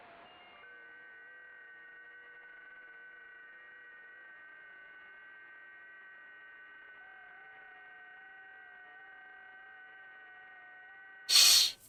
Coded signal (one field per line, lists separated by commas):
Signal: FT8